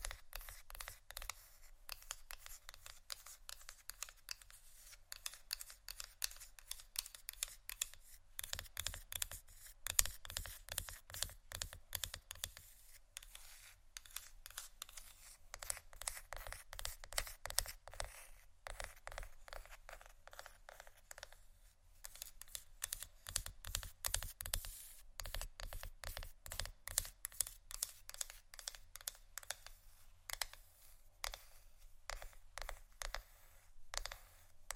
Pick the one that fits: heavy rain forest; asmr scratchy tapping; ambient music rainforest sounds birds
asmr scratchy tapping